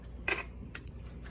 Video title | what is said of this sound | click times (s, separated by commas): Threading the Juki single needle video | okay if you don't hear the click it's not in properly you got to hear that click okay | 0.8 s